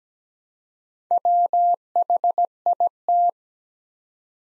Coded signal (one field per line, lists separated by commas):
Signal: Morse code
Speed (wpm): 17 wpm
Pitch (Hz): 700 Hz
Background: none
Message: WHIT